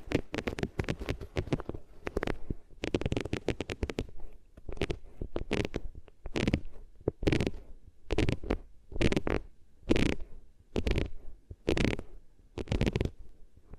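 Rubbing on different materials, heard as quick scratchy swishes, dense and rapid for four seconds, then slower regular strokes about twice per second.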